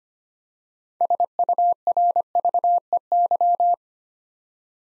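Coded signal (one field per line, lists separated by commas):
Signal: Morse code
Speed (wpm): 25 wpm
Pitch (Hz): 700 Hz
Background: none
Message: SURVEY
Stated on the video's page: Morse practice set at 25 wpm building six-letter words three letters at a time for instant character recognition.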